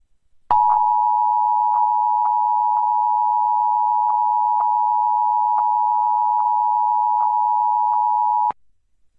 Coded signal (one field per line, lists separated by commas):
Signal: Emergency Alert System (SAME) tones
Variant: 853 and 960 Hz attention tone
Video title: EAS Tennessee Monthly Test on Nashville Public Broadcasting (PBS)